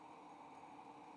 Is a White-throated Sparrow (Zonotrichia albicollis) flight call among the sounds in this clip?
no